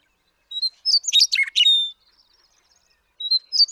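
Western meadowlark song: a rich, bubbling phrase of whistled and gurgled notes ending in a long clear tone, then a second phrase begins.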